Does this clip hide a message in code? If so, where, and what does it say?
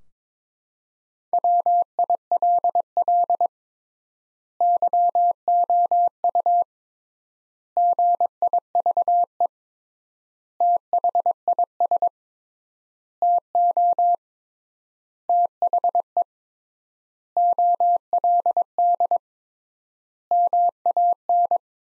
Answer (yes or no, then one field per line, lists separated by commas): yes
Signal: Morse code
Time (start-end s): 1.3-21.6 s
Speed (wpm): 22 wpm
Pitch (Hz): 700 Hz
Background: none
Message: WILL YOU GIVE THIS TO THE OLD MAN